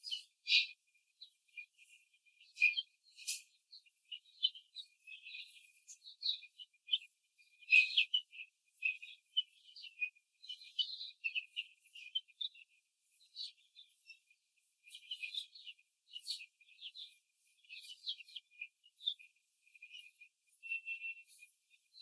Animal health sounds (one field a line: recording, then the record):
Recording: young laying hens in a cage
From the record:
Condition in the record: control cage, after the stress test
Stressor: none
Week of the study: 4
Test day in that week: 1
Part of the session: 4